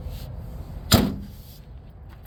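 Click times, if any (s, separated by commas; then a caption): 0.9 s. A TYM 4820 tractor hood is lowered and pressed shut into its body latch, giving one sharp, loud impact at 0.9 s as it latches. The hood is seated, and it matters because this model has no hood lock. Low background rumble continues before and after.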